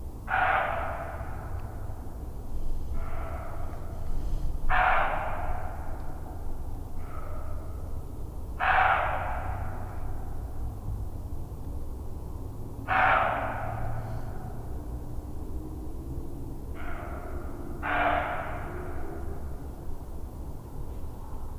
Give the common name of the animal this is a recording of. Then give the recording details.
Western Roe Deer. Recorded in the wild. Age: adult. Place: Bernau bei Berlin, Forst Bernau, Brandenburg, DE. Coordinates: 52.6958, 13.5256. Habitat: wood. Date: 2007-04-07 20:41. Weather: fair, 10°C, almost no wind. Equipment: Sound Devices 702, Sennheiser MKH 70, Windkorb. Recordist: Frommolt, Karl-Heinz